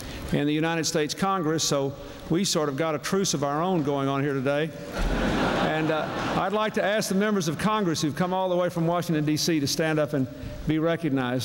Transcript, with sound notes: in the United States Congress, so we've sort of got a truce of our own going on here today. [Laughter] And I'd like to ask the Members of Congress who have come all the way from Washington, DC, to stand up and be recognized.